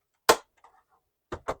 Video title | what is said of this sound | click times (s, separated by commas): Fanhome Millennium Falcon Build Series - Stages 46, 47, 48, 49 - Ep 35 | Get some satisfying clicks. | 0.3 s, 1.3 s